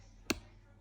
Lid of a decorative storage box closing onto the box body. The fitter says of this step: vous avez entendu le clic ça y est c'est verrouillé c'est coffré c'est tout ce que vous souhaitez là